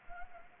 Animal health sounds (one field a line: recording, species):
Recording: mosquito wingbeat signal from an infrared sensor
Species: Anopheles gambiae